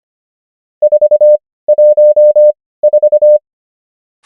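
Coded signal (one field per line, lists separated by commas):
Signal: Morse code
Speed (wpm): 25 wpm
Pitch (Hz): 600 Hz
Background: none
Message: 414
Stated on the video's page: Morse code number practice, 25 wpm character speed with 17 wpm word speed (Farnsworth spacing).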